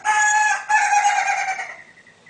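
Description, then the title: Green junglefowl giving two loud, harsh squawks, the first brief and the second longer and trailing off into quieter notes. Female. "Suara Ayam Hutan Betina. suara ayam hutan hijau"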